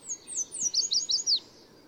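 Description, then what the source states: Yellow Warbler song: a short, sweet series of high, quick slurred notes that speeds up toward the end, lasting about a second and a half. Sings in spring and summer, from treetops to stream sides.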